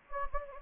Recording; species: mosquito wingbeat signal from an infrared sensor; Anopheles gambiae